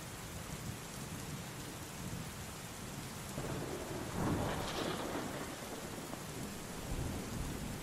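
Steady, hissing rain pours throughout while a deep, rolling rumble of thunder swells midway and slowly fades back into the downpour. No voices are heard.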